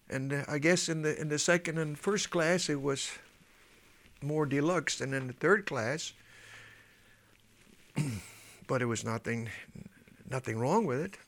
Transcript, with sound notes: And uh, I guess in the, in the second and first class, they was more deluxe. And in the third class, (he pauses) but it was nothing, nothing wrong with it.